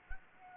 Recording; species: mosquito wingbeat signal from an infrared sensor; Anopheles arabiensis